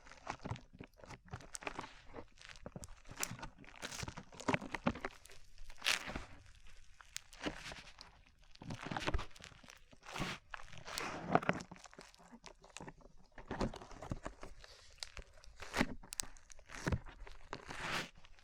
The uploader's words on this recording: ASMR SLIME IN YOUR EARS 3Dio Sticky Sounds (No Talking).